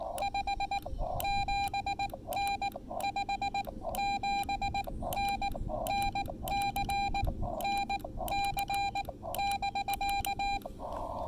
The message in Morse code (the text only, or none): 57N 57N NC NC <BK>